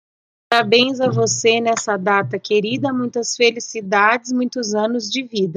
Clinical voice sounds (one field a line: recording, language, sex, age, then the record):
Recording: short text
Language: Brazilian Portuguese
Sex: female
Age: 40 to 49 years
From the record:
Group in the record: control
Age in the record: 42 years